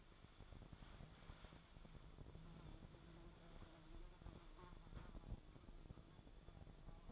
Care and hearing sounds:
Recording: daily activity, microphone in the room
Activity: wipe stove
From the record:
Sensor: 5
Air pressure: 1015.2 hPa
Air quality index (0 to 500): 216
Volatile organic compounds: 12 ppm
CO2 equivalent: 2340 ppm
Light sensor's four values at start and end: 35/82/34/35 and 35/83/34/36

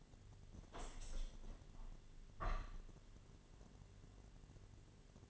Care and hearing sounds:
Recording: daily activity, microphone in the room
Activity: open window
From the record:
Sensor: 4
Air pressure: 1007.4 hPa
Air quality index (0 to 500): 201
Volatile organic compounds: 7 ppm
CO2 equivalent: 2001 ppm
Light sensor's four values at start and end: 23/73/28/27 and 23/73/28/27

